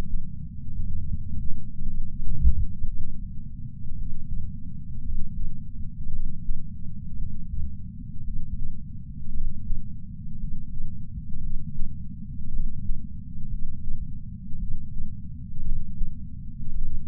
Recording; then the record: heart sounds by patch sensor on the chest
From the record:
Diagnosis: coronary artery disease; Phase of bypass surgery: postoperative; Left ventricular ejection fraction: 49.7%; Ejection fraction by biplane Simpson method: 50.5%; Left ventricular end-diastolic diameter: 55 mm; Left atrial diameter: 40 mm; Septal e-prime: 5.2 cm/s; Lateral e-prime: 9 cm/s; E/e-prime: 14.4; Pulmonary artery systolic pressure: 28 mmHg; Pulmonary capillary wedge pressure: 8 mmHg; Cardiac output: 4.15 L/min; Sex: male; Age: 73 years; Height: 165 cm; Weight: 70 kg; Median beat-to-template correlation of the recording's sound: 0.92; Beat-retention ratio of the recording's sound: 1.00